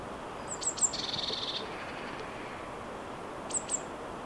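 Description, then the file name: Eurasian blue tit giving high sharp tsee notes, then a quick buzzy churring trill, and later two more high thin notes, over a soft hiss. "Cyanistes caeruleus"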